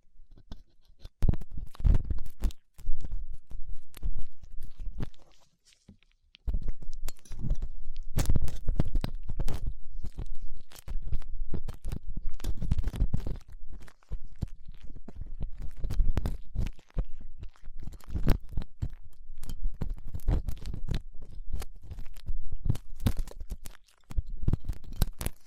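Ear cleaning with latex gloves, a dental pick and cotton swabs: dense crackling, scraping and rubbing with a dull low rumble underneath. Sharp clicks and scratchy bursts come rapidly and unevenly, broken by brief quiet gaps near 3, 5–6, 16 and 24 seconds.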